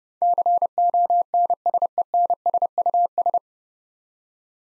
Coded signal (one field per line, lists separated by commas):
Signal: Morse code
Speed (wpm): 30 wpm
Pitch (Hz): 700 Hz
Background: none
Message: CONSENSUS